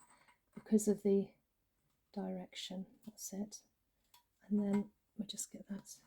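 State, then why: Not seated. A broken porcelain fragment is slid into its position in the broken ceramic piece, possibly after other pieces are moved so it can go in from that direction. Someone talks throughout, with faint short ticks near 0.0, 0.6 and 4.1 seconds. Nothing has seated yet.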